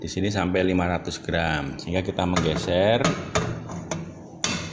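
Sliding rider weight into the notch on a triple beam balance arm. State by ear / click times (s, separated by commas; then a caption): seated / 4.4 s. A metal rider is slid along the large 100-gram beam of a triple beam balance until it drops into the 100 g notch while someone talks. A sharp click is heard at 4.4 s as the rider seats in the notch.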